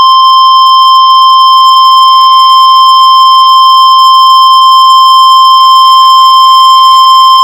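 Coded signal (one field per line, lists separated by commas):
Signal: Emergency Alert System (SAME) tones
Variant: 1050 Hz attention tone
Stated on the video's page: Real NOAA Weather Radio EAS alerts for severe thunderstorm warnings.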